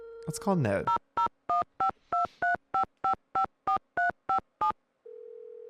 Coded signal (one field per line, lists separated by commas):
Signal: DTMF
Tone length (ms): 110 ms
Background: speech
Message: 0015235554357